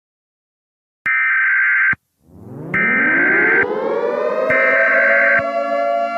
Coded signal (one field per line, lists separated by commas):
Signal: Emergency Alert System (SAME) tones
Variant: header bursts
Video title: EAS Scenario: The Gabs